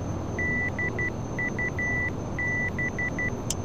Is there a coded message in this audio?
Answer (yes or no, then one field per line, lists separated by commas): yes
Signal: Morse code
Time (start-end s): 0.4-3.3 s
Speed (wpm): 12 wpm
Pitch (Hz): 2000 Hz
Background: none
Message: DUB